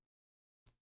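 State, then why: Partly seated. A PVC conservatory gutter, its front edge hung on an OG gutter support bracket on the eaves beam, has its back rotated up and is deliberately fitted only to the first click rather than pushed all the way up. After near silence, one short, quiet click sounds at 0.7 s. The gutter is clipped onto the bracket at the first click only.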